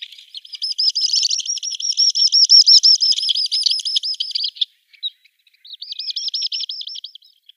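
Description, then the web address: Little stint display song: a long run of fast, high, buzzy trilled notes, a short pause, then another trilled series. Male little stint in display flight. "Schulze Peter Little Stint"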